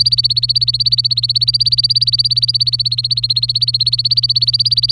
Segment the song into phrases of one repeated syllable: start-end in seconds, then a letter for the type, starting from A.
0.00-4.91 A